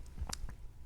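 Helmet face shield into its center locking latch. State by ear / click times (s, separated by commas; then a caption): seated / 0.3 s. A Scorpion EXO-R1 Air motorcycle helmet's face shield is pressed shut into its center locking latch. There is a faint tick at 0.1 s, then a soft, mushy click at 0.3 s with a brief bright burst, followed by a smaller tick at 0.5 s. The shield seats and locks with a click that isn't very positive, muted because the shield seals well.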